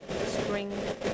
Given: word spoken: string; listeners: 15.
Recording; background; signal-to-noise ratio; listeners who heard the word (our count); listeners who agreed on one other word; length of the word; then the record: one English word in noise, from a listening test; noise modulated by three-talker babble; -3.6 dB; 3 of 15; 10 of 15; 0.74 s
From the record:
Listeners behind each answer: 10, 3, 1, 1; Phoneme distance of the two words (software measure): 10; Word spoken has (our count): 1 syllable, 5 phonemes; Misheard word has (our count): 1 syllable, 5 phonemes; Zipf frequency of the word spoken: 4.25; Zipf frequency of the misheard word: 4.69